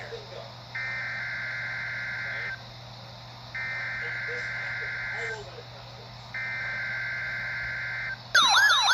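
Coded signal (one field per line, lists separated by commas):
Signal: Emergency Alert System (SAME) tones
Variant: header bursts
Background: speech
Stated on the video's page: Required Weekly Tests received on multiple NOAA Weather Radio stations from three forecast offices.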